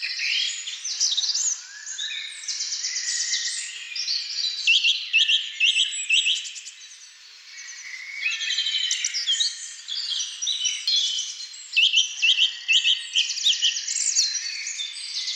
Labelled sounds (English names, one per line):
Song Thrush song